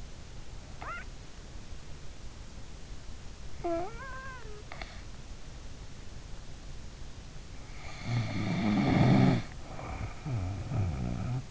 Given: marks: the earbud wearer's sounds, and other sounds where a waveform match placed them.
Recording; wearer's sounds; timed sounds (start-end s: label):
sounds in sleep by an in-ear microphone; snoring breath
0.74-1.20 s: snoring breath
3.60-5.03 s: snoring breath
7.80-11.51 s: snoring breath